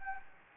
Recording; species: mosquito wingbeat signal from an infrared sensor; Anopheles gambiae